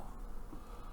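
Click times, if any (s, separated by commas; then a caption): none. The plastic backpack accessory of a Star Wars The Black Series Bad Batch Wrecker action figure is handled against the figure's back, with only a steady low background hum and no distinct transients. Nothing has seated or clicked yet.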